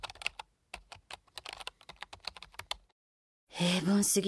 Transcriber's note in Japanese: パソコン打つ音